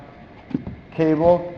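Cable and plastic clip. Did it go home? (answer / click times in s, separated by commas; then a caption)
no / none. While a car door panel is being refitted, the door handle release cable is handled near its plastic clip on the inner door handle, with two faint handling knocks around 0.5 and 0.7 seconds before someone talks. The cable has not snapped into place yet; nothing has seated or clicked.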